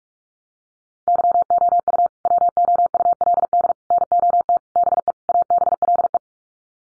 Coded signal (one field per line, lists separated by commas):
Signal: Morse code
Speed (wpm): 44 wpm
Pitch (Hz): 700 Hz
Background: none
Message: YOU WOULD NOT BE ABLE